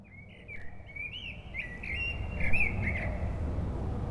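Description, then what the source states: Common blackbird song, a long flowing phrase of mellow fluted notes with high twittering overtones, traffic rumble rising in the background. Blackbirds singing after sunset on a mild day, eve of the winter solstice, Rue Jacques Cartier, Aix-les-Bains, France, with urban traffic.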